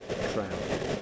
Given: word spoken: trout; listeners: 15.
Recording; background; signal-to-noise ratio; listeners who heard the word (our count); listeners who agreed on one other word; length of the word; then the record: one English word in noise, from a listening test; noise modulated by three-talker babble; -4.3 dB; 2 of 15; 6 of 15; 0.62 s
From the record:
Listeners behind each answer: 6, 2, 2, 2, 1, 1, 1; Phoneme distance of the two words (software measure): 20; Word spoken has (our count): 1 syllable, 4 phonemes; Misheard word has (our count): 1 syllable, 4 phonemes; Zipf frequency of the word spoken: 3.96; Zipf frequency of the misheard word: 4.76